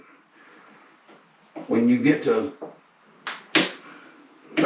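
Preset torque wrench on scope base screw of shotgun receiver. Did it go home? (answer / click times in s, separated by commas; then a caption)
yes / 3.6 s. A preset torque wrench set to 30 inch-pounds tightens a scope base screw on a Benelli Super Black Eagle 2 shotgun receiver while mounting a TruGlo Gobble Stopper, as someone talks. A short, sharp click sounds at 3.6 seconds, confirming the screw has reached 30 inch-pounds, followed by another brief tap near the end.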